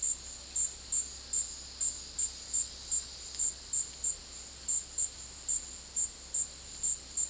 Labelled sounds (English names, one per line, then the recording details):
none
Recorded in secondary vegetation near Puerto Asís, Putumayo, Colombia, on 19 February 2024 at 12:30
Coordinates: 0.481, -76.323
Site G6376